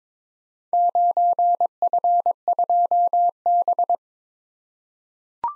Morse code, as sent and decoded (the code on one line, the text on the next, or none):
----. ..-. ..--- -...
9F2B